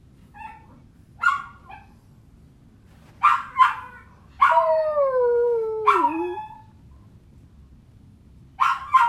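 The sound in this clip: Dog whining: high, brief yelps and then a long, wavering, falling whine that dips lower before breaking off, followed by more short yelps.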